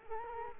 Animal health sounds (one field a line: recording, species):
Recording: mosquito wingbeat signal from an infrared sensor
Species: Culex quinquefasciatus